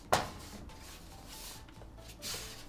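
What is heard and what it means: A back panel is handled and fitted onto an O11 Vision Compact PC case for a white gaming PC build. A sharp knock at 0.1 s is followed by quiet handling rustle and another brief burst of handling noise around 2.3 s. The panel has not snapped into place yet; nothing has seated or clicked.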